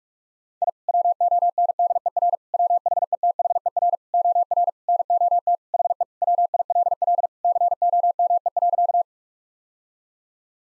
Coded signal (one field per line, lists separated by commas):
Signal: Morse code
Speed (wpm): 41 wpm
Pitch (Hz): 700 Hz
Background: none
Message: I WONDER WHETHER OR NOT HE WILL COME.